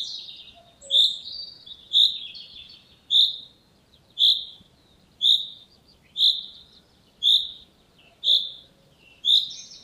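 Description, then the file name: Common chaffinch giving steady bright single-note calls, roughly one per second, about nine in a row, over a quiet background with some soft chirps. "Fringilla coelebs"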